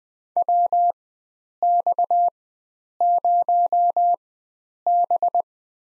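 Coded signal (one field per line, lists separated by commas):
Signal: Morse code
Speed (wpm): 20 wpm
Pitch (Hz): 700 Hz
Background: none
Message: WX0B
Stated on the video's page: Farnsworth-timed head-copy drill of US four-character call signs at 20 wpm, with 4x character spacing.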